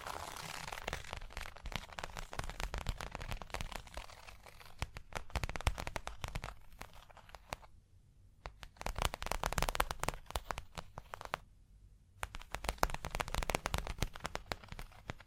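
Fingernails tap, scratch and trace across a hard surface in quick, dense bursts of crisp clicks and crackles. The rapid taps run almost continuously, with brief near-silent gaps around eight and eleven seconds before the scratching resumes. A faint low hum sits underneath.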